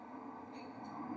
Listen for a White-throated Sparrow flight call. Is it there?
no